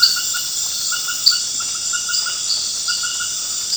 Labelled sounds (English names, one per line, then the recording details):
none
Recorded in dense forest near Puerto Asís, Putumayo, Colombia, on 19 March 2025 at 22:00
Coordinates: 0.481, -76.323
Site G088